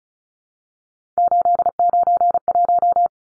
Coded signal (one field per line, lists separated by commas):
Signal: Morse code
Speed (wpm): 34 wpm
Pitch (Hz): 700 Hz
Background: none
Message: 891